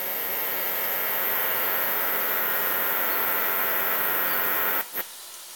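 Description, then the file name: Cicada song: a continuous, even, high hissing buzz lasting almost five seconds before cutting off sharply into near quiet. "brevipennis"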